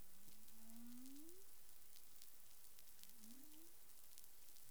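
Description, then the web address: Humpback whale calls: two low upswept moans, the first longer and louder, over a constant hiss of underwater noise. Caribbean waters, recorded 20 April 2021 at 04:26 UTC. "CARIMAM clean data humpback whale"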